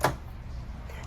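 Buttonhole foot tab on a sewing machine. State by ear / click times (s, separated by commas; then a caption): seated / 0.0 s. The small plastic/metal tab on a Brother sewing machine's buttonhole foot is pushed back to set it for the first buttonhole, giving one short, sharp click at 0.0 s over a low steady hum. The tab clicks into position and is seated.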